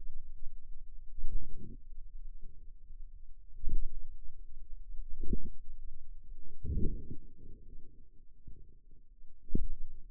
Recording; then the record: forearm muscle sounds (acoustic myography)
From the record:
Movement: pen grasping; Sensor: system 2, bracelet of six BSWA MPA416 microphones around the upper forearm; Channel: 2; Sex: female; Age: 23 years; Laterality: right